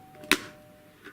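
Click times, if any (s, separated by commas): 0.3 s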